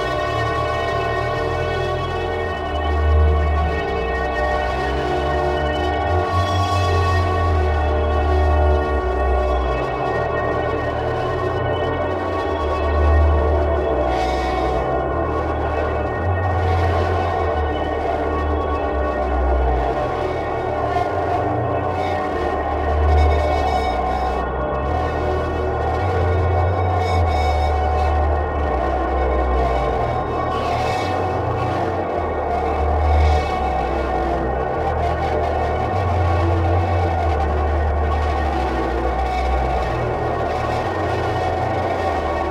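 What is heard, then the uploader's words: An ominous bass drone rumbles low and steady, its deep notes shifting in slow pulses every few seconds. Above it, a dense layer of ringing, metallic tones and gritty distorted noise holds constant, with brief hissing bursts flaring up at irregular moments throughout. Ominous Bass Drone Overdubbed With Distorted Noise Samples.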